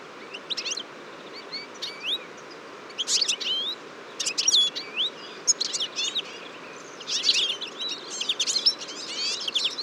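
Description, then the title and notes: Eurasian siskin flock giving scattered high chirps and upslurred twitters, busier near the middle and end. Large flock at a feeder on a February morning, 23 February 2014, Fourcinet, Drôme, France; recorded with a Nagra Seven and a Telinga P7 parabola. "Fourcinet - Drôme. Tarin des aulnes (Carduelis spinus)"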